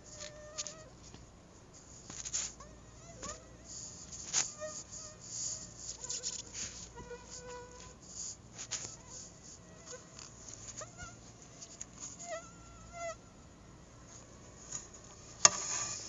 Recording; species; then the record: mosquito flight sound by mobile phone; Anopheles arabiensis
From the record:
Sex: female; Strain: Dongola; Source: CDC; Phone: Google Nexus